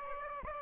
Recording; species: mosquito wingbeat signal from an infrared sensor; Aedes aegypti